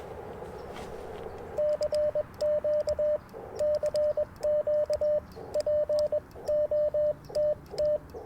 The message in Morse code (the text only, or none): CQ CQ POTT